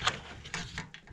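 A GE Steam Duo washer/dryer combo's drain pump filter, just cleaned, is handled as it goes back into the washer's filter housing to be turned clockwise. A sharp knock comes at about 0.1 s and another at about 0.5 s, followed by faint scraping and tapping. Nothing has snapped into place yet.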